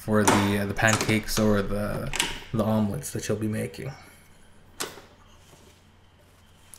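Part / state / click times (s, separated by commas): rotating cooking plate unit in a waffle and omelette maker housing / seated / 6.7 s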